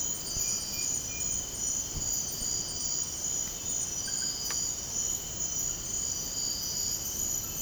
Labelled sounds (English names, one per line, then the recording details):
none
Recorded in dense forest near Puerto Asís, Putumayo, Colombia, on 19 February 2024 at 04:30
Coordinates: 0.486, -76.316
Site G6437